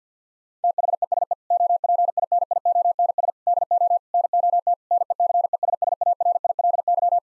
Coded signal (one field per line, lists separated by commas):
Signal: Morse code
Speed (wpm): 50 wpm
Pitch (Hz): 700 Hz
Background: none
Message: THESE OPINIONS DO NOT NECESSARILY